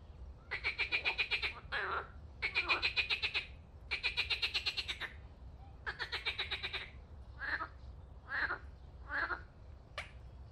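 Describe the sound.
Frog croaks: long pulsed rattling bursts early, then shorter, softer croaks spaced about a second apart toward the end.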